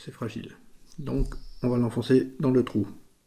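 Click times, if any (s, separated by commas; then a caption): none. Someone talks while assembling a Bionicbird MetaFly ornithopter toy, handling a small plastic part that is being pushed into its hole in the toy bird's body socket. The part has not seated or clicked yet.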